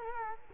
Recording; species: mosquito wingbeat signal from an infrared sensor; Culex quinquefasciatus